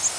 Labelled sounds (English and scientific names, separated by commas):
Bay-breasted Warbler (Setophaga castanea) flight call